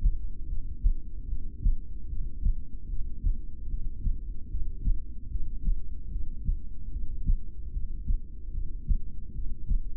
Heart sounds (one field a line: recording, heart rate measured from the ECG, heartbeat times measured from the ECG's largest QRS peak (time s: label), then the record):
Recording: heart sounds by stethoscope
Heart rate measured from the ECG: 75 bpm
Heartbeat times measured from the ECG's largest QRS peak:
0.44 s: heartbeat
1.24 s: heartbeat
2.04 s: heartbeat
2.84 s: heartbeat
3.65 s: heartbeat
4.45 s: heartbeat
5.26 s: heartbeat
6.06 s: heartbeat
6.87 s: heartbeat
7.68 s: heartbeat
8.48 s: heartbeat
9.29 s: heartbeat
From the record:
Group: heart failure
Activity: rest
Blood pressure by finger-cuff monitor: 90/59 mmHg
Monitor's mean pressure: 71 mmHg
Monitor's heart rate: 74 bpm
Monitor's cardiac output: 6.5 L/min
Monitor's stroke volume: 87 mL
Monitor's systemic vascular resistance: 780 dyn s/cm5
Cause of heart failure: ischemic heart disease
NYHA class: 2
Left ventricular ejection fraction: 28%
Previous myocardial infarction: present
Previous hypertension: present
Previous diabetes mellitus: present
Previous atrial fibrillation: present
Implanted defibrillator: present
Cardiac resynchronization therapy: present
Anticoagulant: apixaban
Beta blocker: bisoprolol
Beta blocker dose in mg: 10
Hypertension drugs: sacubitril-valsartan, spironolactone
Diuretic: furosemide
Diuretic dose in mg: 20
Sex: male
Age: 62 years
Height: 178 cm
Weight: 88.3 kg